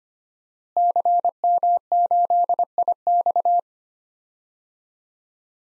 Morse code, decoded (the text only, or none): CM8IX